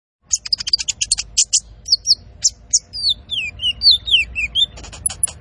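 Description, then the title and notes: Van Hasselt's sunbird song: rapid high chips, then a string of clear descending whistled slurs, ending in very high thin ticks. Masteran training recording for cage birds, also used as a lure; full song with fills (isian) and rapid bursts (tembakan); bird singing vigorously (gacor). "MASTERAN KOLIBRI NINJA FULL ISIAN DAN TEMBAKAN COCOK BUAT PANCINGAN. Suara Burung Kolibri Ninja Gacor"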